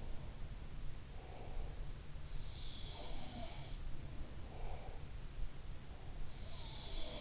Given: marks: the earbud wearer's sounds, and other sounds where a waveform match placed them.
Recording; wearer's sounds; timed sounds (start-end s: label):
sounds in sleep by an in-ear microphone; breath
0.00-0.43 s: sound from someone else or the room
0.77-2.01 s: breath
2.40-3.78 s: sound from someone else or the room
4.18-5.20 s: breath
6.50-7.21 s: sound from someone else or the room